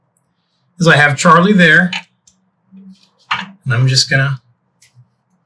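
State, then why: Seated. An automotive electrical wiring connector is pushed into its mating socket on the vehicle while someone talks. A short click at 4.8 s marks the connector seating solidly in place.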